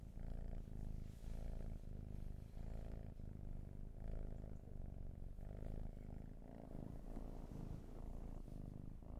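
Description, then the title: Cat giving a deep purr with strong rhythmic pulses that swell and fade with each breath. "Field Recs Purrathon RAW"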